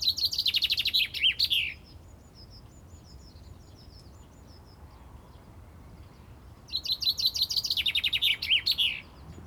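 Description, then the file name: Common chaffinch singing two phrases about five seconds apart, each a quick descending series of chirpy notes finishing with a brief flourish, faint hiss between. "Fringilla coelebs"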